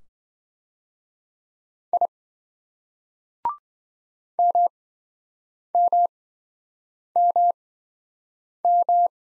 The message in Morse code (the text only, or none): I MMMM